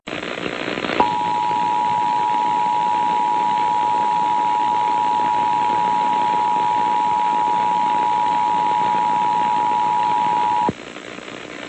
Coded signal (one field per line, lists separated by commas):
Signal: Emergency Alert System (SAME) tones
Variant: 853 and 960 Hz attention tone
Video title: EAS AMBER alert for Durham County (Spectrum TV on TWC CH42)